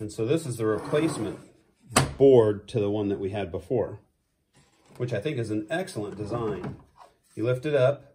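Someone talks while handling a folding wooden bread slicing guide on a replacement wooden bread slicer board, starting to lift it so its bottom pieces will roll up to the top and lock the sides upright. Nothing has clicked or locked into place yet.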